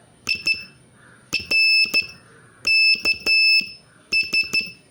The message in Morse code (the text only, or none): INKS